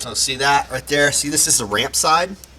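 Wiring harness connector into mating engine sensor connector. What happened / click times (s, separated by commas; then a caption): Handled, not yet home: no seating click yet / none. During a plug-in performance module install on a Fiat 500 Abarth, a plastic wiring harness connector is handled near its mating engine sensor connector while someone talks about the ramp side of the locking tab. Nothing has seated or clicked yet.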